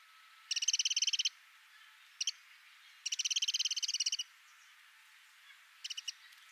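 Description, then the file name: Eurasian wren calling in dry, rapid rattles: two long churring runs of ticks, each followed by a brief burst of a few ticks. "Troglodytes troglodytes"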